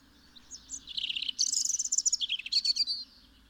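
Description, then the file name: European robin song: a high, fluty, trilling phrase with rapid tinkling notes over a steady low background hum. "Erithacus rubecula"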